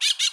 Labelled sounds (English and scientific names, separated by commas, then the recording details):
Brown-throated Parakeet (Eupsittula pertinax) contact call
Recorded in Bonaire
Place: roosting area just N of Seru Largu
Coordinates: 12.199, -68.277